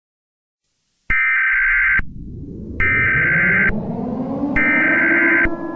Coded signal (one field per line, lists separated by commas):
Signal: Emergency Alert System (SAME) tones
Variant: header bursts